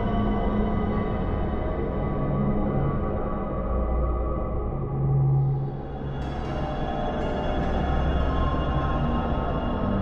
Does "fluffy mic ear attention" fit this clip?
no